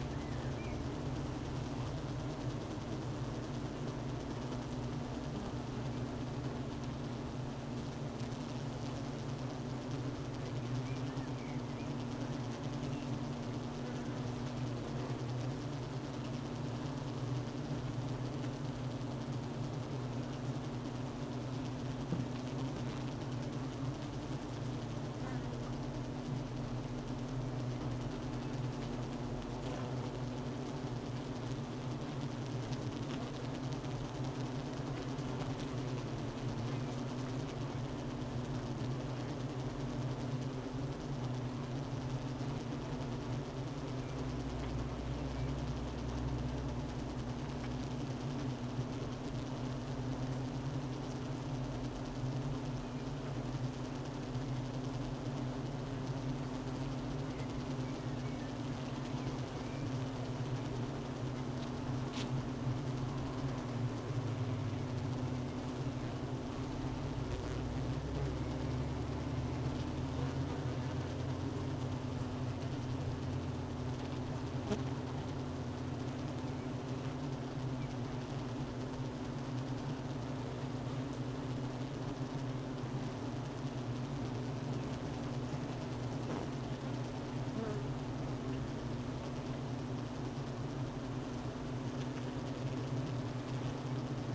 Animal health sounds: honeybee colony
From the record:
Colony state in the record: missing queen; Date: 31 May 2018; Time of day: 12:34

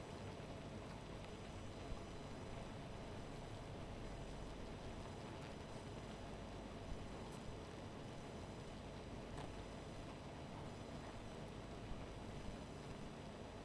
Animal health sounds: honeybee colony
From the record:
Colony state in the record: missing queen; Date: 14 July 2017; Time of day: 1:41

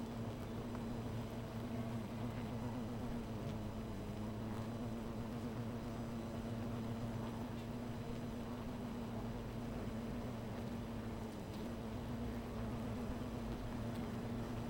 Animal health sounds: honeybee colony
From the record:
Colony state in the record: missing queen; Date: 14 July 2017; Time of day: 16:45

